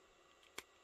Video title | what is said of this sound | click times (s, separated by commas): McFarlane Toys Mortal Kombat 11 In the Shadows Scorpion Figure - Video Review | we go nice satisfying snap | 0.6 s